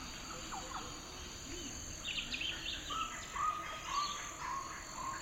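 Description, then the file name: Birds giving scattered short chirps and brief warbled notes, with a constant high insect drone behind. Birds in a forest; the sound is described as a flutter. "Bird Flutter in the Forrest"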